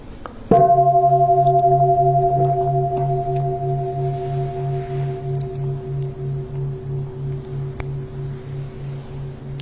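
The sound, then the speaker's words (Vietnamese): A meditation bell is struck once by a man, its tone not very clear but long-ringing, then rings on with a deep, steady hum and a slow wavering pulse, fading only slightly over several seconds with no voices. “Nhiều khi mà có người thỉnh chuông mà mình cũng nói phiền não nữa, mình im vậy thôi, chứ cái anh chàng này hôm nay sẽ thỉnh chuông không có được trong mà được ngân lắm”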